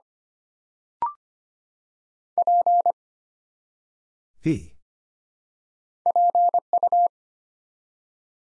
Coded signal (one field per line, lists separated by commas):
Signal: Morse code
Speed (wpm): 25 wpm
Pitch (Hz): 700 Hz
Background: none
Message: P PU